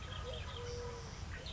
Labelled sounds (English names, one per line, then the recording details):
Eurasian Collared Dove
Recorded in Sonoma County, California